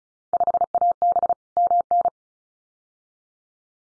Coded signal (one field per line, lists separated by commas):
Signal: Morse code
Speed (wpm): 36 wpm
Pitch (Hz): 700 Hz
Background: none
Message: 5AB MN